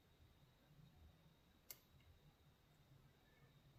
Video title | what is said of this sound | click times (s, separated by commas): Crimping Tiny Micro JST MX1.25 Molex PicoBlade (PB) Connectors By Hand | and then just press it into place, and it kind of snaps into place here. | 1.7 s